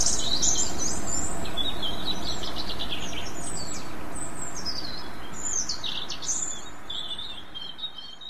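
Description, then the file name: European robin song: rapid, high, glittering warbles and descending trills in varied phrases, with a wash of background noise that gradually quietens. "rouge gorge"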